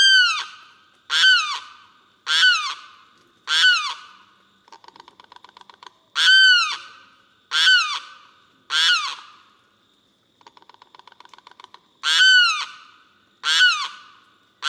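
Limpkin calling with repeated loud, ringing wails about every second, broken by two dry clicking rattles, over a thin steady insect hum.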